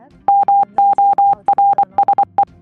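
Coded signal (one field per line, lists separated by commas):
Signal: Morse code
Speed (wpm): 24 wpm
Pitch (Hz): 800 Hz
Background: speech, music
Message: MORSE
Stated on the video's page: Morse generated by a Python Morse GUI tool (library) under test.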